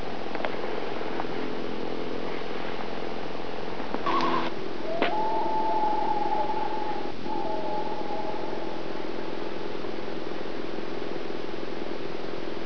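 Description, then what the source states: Loon giving a long, steady wailing note that lifts slightly and holds for several seconds, partly masked by a constant low droning background. Spruce Lake, 2000, during a hike.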